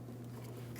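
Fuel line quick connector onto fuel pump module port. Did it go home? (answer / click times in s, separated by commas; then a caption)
no / none. A fuel line quick-connect fitting is handled at its port on the fuel pump module of a 2007-2014 GMC Sierra 2500 HD 6.0L V8, ready to be pressed straight on. There is a steady low hum with soft, even handling noise and no sharp transients. Nothing has seated or clicked yet.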